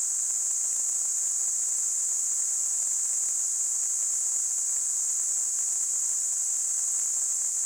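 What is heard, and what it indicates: A steady, unbroken high-pitched hiss concentrated around 7–8 kHz, a simulated tinnitus sound.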